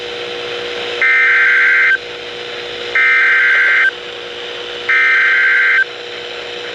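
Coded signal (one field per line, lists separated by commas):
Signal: Emergency Alert System (SAME) tones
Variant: header bursts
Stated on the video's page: Severe Thunderstorm Warning on weather radio stations KDO89 and KXI70.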